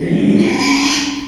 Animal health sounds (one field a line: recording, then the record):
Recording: squeal of a Yucatan mini pig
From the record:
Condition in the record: after surgery on the right vocal fold (resection and tissue-engineered implant)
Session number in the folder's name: 2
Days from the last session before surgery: 13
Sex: male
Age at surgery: 12 weeks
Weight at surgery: 13 kg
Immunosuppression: cyclosporine, prednisolone